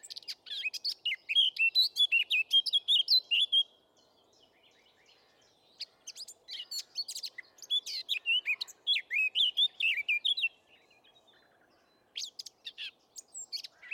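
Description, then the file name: Eurasian blackcap singing rapid, varied warbled phrases of chattering and slurred notes, three bursts separated by short pauses. "Sylvia atricapilla"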